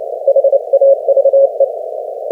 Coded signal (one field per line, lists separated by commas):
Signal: Morse code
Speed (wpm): 27 wpm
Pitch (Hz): 550 Hz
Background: none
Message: HAVE